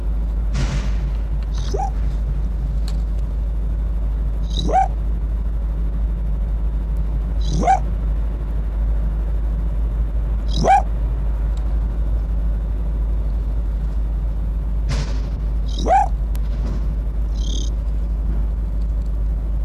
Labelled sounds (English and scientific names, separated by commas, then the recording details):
Arctic Fox (Vulpes lagopus)
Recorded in captivity
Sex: male
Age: adult
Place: Zoologisches Institut der HUB, Berlin, DE
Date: 1957-01-10
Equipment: Elmetra
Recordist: Tembrock, Günter